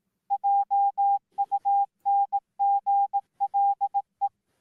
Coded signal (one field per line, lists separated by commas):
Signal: Morse code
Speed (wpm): 18 wpm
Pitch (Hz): 800 Hz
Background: none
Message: JUNGLE